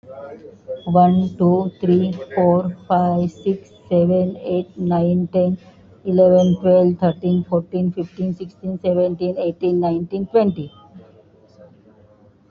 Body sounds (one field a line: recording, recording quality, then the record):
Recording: counting at a normal pace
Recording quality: excellent, no background noise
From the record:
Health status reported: exposed to COVID-19, no respiratory illness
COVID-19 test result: negative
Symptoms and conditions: none ticked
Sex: female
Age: 52 years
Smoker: not ticked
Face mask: worn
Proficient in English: yes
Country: India